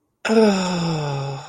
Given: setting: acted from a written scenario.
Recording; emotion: vocal sound without words; ecstasy